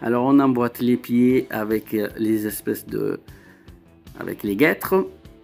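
Plastic gaiter armor pieces are handled as they are pushed onto the feet of a building-block figure while someone talks over background music, with a faint brief tick near 3.7 s. Nothing has seated or clicked yet; the pieces are still being fitted.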